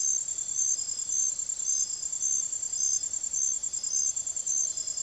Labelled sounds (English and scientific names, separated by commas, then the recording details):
none
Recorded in secondary vegetation near Puerto Asís, Putumayo, Colombia, on 24 June 2025 at 05:30
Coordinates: 0.489, -76.322
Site G021